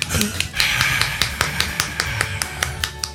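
A short burst of applause: a few hands clapping in a quick, fairly steady rhythm, crisp sharp claps at moderate loudness with no voices over them.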